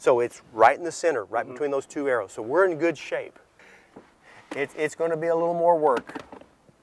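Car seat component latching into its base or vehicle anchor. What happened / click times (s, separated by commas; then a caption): Handled, not yet home: no seating click yet / none. During a car seat installation, right after the seat is leveled with its bubble indicator centered between two arrows, a part of the car seat is handled before being pushed home into its base or vehicle anchor. Someone talks throughout, with a few faint, brief knocks in the pauses. Nothing has seated or clicked yet.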